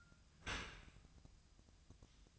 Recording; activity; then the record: daily activity, microphone in the room; open dishwasher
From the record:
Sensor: 2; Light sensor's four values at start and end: 6/15/6/6 and 6/15/6/6